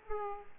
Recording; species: mosquito wingbeat signal from an infrared sensor; Aedes aegypti